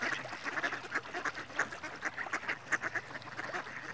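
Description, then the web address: Mallard calling, a steady stream of short nasal rasping quacks tumbling over one another with no pause throughout. Male. "BBC Sound Effects Library. Mallard (Anas Platyrhynchos)"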